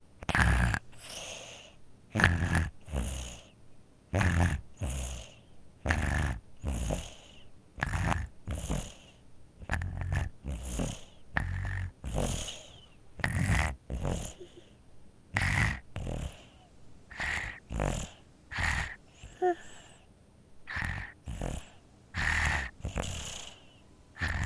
Baby infant sleeps snores with a cold congested.